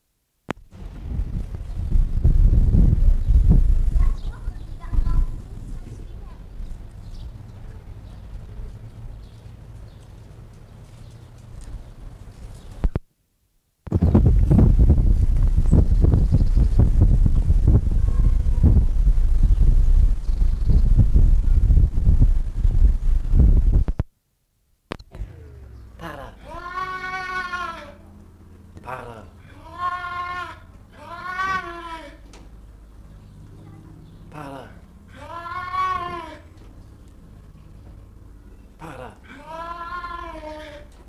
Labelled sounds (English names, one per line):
Clouded Leopard